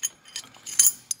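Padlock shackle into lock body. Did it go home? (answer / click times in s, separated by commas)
no / none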